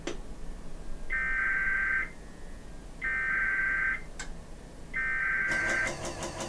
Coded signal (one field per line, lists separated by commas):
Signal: Emergency Alert System (SAME) tones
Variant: header bursts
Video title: 4 Flood Warnings on KHB97 and WRRR-FM || 3/15/24 (EAS #2,467-2,470)